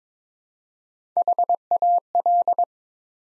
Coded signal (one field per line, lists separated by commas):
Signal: Morse code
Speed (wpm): 22 wpm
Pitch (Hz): 700 Hz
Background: none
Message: HAL